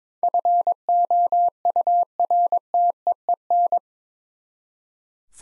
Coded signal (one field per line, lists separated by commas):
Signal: Morse code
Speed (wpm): 22 wpm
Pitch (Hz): 700 Hz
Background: none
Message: FOURTEEN